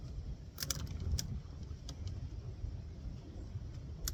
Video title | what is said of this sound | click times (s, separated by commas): 1st Camping Trip - Day 3 - Did I Make a HUGE Mess??? | there we go snaps into place like that | 4.1 s